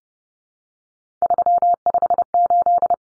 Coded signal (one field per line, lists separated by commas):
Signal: Morse code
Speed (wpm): 30 wpm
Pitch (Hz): 700 Hz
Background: none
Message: 358